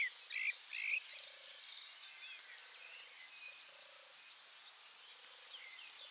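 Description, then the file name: European robin giving a very high, thin whistle three times, about two seconds apart, with soft twittering underneath. "Erithacus rubecula"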